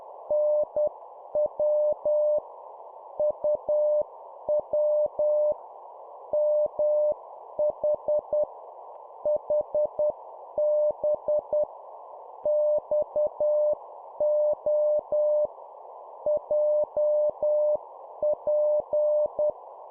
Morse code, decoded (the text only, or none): NW UW MH HB XO JP